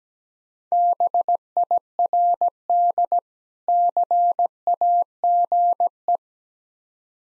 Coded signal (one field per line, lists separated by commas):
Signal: Morse code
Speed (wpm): 17 wpm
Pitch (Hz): 700 Hz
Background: none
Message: BIRD CAGE